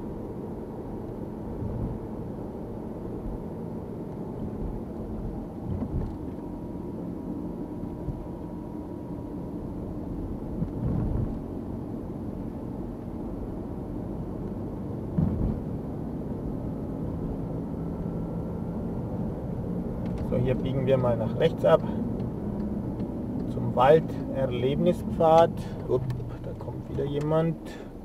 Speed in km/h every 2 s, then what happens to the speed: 46, 47, 40, 36, 37, 38, 40, 44, 45, 49, 48, 31, 22, 6.
2-7 slows to 36. 7-20 speeds up to 48. 20-28 brakes to 6.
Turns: 24-26.